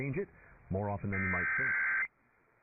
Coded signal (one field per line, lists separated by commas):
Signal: Emergency Alert System (SAME) tones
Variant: header bursts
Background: speech